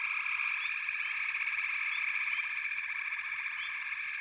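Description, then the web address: Steady frog chorus of blended trilling calls, with a few scattered rising chirps above. "The Natural Sounds of the Wilderness 10 CDs collection Echoes of Nature - Frog Chorus"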